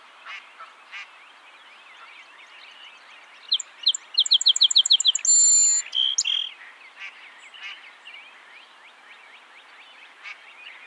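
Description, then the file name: Song sparrow song midway: a rapid series of sharp notes and a loud buzzy note, with faint chattering calls throughout. "Melospiza melodia - Song Sparrow"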